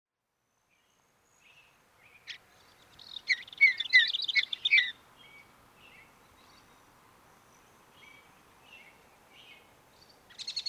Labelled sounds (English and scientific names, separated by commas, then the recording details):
Mountain Bluebird (Sialia currucoides) song
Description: Mountain Bluebird song recorded in Moraine Park in Rocky Mountain National Park
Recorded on 29 May 2017